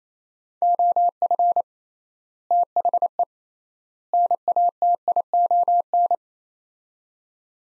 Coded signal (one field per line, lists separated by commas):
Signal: Morse code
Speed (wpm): 28 wpm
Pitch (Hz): 700 Hz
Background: none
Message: OF THE NATION